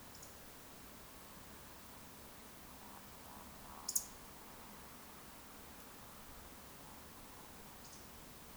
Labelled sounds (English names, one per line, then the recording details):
Eurasian Woodcock whistle
Eurasian Woodcock croak
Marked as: whistle, croak, whistle, croak, whistle
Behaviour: display flight
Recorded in Baden-Württemberg, Germany, on 3 June 2021 at 20:07 UTC
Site 49334, 1074 m above sea level